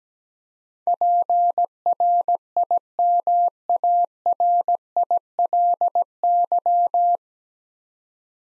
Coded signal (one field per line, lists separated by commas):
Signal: Morse code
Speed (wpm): 17 wpm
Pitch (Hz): 700 Hz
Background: none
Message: PRIMARILY